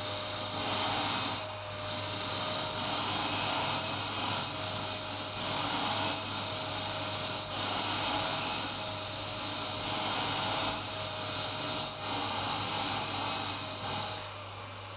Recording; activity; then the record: daily activity, microphone in the room; vacuum cleaning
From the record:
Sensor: 2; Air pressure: 990.9 hPa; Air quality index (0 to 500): 135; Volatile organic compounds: 177 ppm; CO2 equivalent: 4132 ppm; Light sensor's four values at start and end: 21/50/20/20 and 21/50/20/20